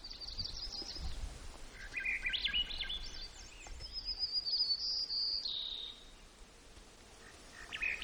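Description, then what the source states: White-crowned sparrow singing, a jumble of buzzy lower notes then a long high thin whistle sliding down, over faint steady background hiss. Recorded in Gates of the Arctic, Alaska, on 17 June 2018.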